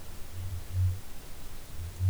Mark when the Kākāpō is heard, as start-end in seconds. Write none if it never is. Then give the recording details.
0.00-2.09. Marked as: faintness 3/5. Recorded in New Zealand. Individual Ben